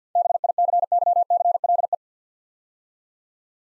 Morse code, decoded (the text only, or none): BICYCLE